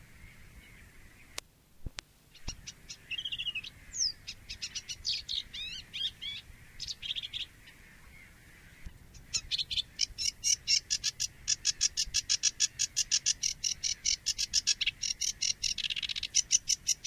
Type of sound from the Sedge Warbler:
song